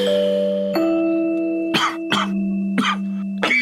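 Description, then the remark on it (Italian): Four short, dry, irritated hacking coughs from a person with the flu, in uneven succession, each a sharp raspy burst, sounding over a steady droning tonal hum that runs throughout. “Come faccio a dormire se tossisci in modo secco e stizzoso anche?”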